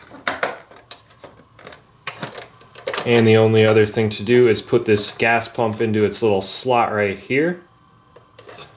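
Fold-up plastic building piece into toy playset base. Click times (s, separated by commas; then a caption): 0.3 s, 2.1 s. Fold-up plastic building pieces on a Hot Wheels Sto & Go Classic Playset reissue are pulled up and pushed down into the playset base, giving two sharp plastic snaps at 0.3 s and 2.1 s, with a few lighter clicks after. Someone then talks. The buildings are seated in place.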